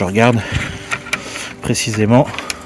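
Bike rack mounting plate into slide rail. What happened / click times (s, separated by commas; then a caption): The mounting plate is being handled, not yet clipped into its rail / none. Someone talks while handling a Tesla bike rack's mounting plate near the slide rail it clips into, with brief knocks at about 1.1 s and 2.5 s. Nothing has seated or clicked yet; the plate is still being handled and is not yet home in the rail.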